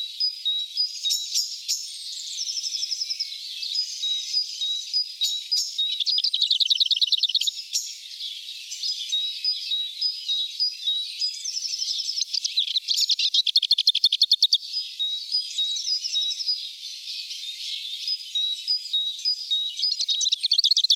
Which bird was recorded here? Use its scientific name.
Sylvia curruca